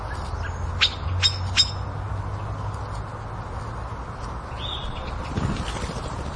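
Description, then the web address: Bird chirps: three sharp, bright calls in quick succession near the start, then a softer drawn-out chirp later, over low hum and background noise. Suburban setting; agitated birds, flapping. "suburban ambience with agitated birds flapping and chirping"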